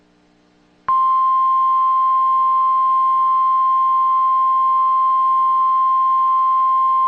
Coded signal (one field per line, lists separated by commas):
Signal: Emergency Alert System (SAME) tones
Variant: 1050 Hz attention tone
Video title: EAS Test Tornado Warning Illinois